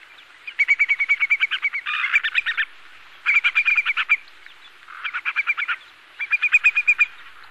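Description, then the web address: Whimbrel calling in rapid rippling trills, bursts of quick whistled notes with brief pauses between them. Recorded on Sakhalin and the Kuril Islands. "priroda sakhalina i kuril. Numenius phaeopus"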